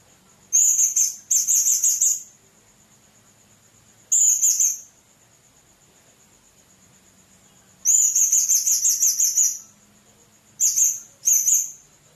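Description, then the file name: Blue-crowned hanging parrot repeating high, shrill chattering bursts, some short and paired, one a longer trilled run. "serindit"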